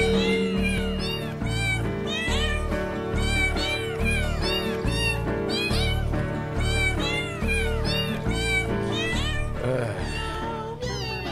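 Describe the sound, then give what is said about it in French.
Cats give loud, continuous meows that rise and fall in a melodic, song-like sequence over a steady rhythmic musical backing, with no pauses for about eleven seconds. “Puis les chats sont bons, là. Ils chantent vraiment pour vrai devant nous, on les voit.”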